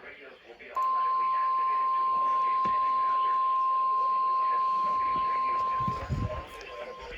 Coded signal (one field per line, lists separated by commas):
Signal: Emergency Alert System (SAME) tones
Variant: 1050 Hz attention tone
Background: speech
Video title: Brrrrrrr Festival EAS 1087 1120